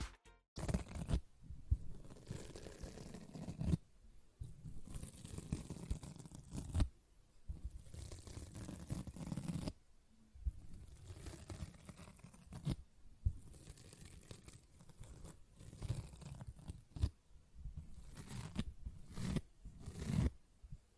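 A sponge is scratched and squished in uneven bursts, with sharp bright crackles at irregular intervals over a soft, low rustle and brief pauses.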